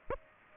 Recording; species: mosquito wingbeat signal from an infrared sensor; Aedes aegypti